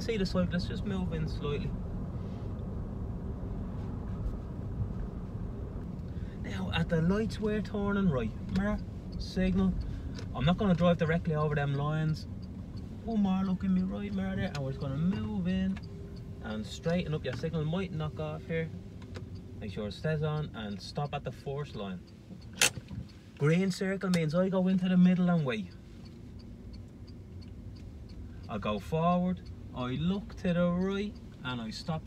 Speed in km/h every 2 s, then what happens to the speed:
48, 48, 41, 39, 33, 28, 20, 15, 10, 5, 0, 0, 0, 3, 8, 6.
2-20 slows to 0. 20-25 standing. 25-28 pulls away to 8.